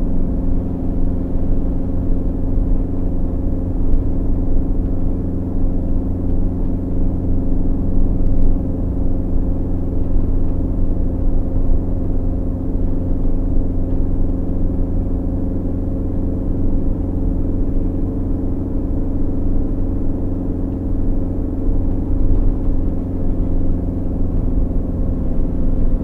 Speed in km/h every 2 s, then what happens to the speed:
48, 48, 48, 46, 48, 46, 46, 48, 48, 48, 48, 48, 46.
0-26 steady at about 48.